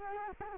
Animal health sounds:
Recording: mosquito wingbeat signal from an infrared sensor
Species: Culex quinquefasciatus

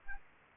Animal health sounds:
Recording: mosquito wingbeat signal from an infrared sensor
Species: Anopheles arabiensis

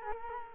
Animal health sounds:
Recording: mosquito wingbeat signal from an infrared sensor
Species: Culex quinquefasciatus

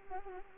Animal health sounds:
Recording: mosquito wingbeat signal from an infrared sensor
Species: Anopheles arabiensis

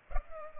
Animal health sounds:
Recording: mosquito wingbeat signal from an infrared sensor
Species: Culex pipiens

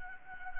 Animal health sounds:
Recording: mosquito wingbeat signal from an infrared sensor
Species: Anopheles arabiensis

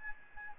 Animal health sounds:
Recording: mosquito wingbeat signal from an infrared sensor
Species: Aedes albopictus

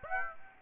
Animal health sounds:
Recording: mosquito wingbeat signal from an infrared sensor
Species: Aedes aegypti

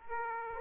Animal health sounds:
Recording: mosquito wingbeat signal from an infrared sensor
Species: Aedes aegypti

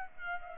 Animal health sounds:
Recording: mosquito wingbeat signal from an infrared sensor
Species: Culex pipiens

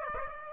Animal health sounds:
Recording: mosquito wingbeat signal from an infrared sensor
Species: Aedes aegypti

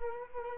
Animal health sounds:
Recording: mosquito wingbeat signal from an infrared sensor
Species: Culex quinquefasciatus

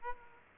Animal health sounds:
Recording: mosquito wingbeat signal from an infrared sensor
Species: Aedes aegypti

